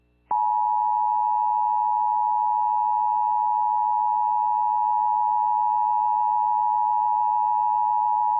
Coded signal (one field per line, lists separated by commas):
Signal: Emergency Alert System (SAME) tones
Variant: 853 and 960 Hz attention tone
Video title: EAS During Hero Elementary (9-5-23 KACV-DT1)